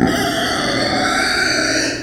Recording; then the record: squeal of a Yucatan mini pig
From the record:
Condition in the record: before surgery on the right vocal fold (resection and tissue-engineered implant); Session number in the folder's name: 3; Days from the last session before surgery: 0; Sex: female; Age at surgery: 19 weeks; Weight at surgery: 25 kg